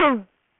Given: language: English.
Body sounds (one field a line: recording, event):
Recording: throat vibration sensor signal played as sound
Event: throat clearing